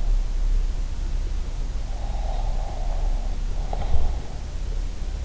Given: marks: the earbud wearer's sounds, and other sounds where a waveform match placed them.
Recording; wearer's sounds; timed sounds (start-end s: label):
sounds in sleep by an in-ear microphone; breath
1.81-4.18 s: breath